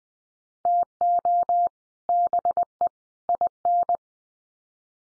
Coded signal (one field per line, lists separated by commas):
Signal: Morse code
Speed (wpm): 20 wpm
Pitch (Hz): 700 Hz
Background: none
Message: TO BE IN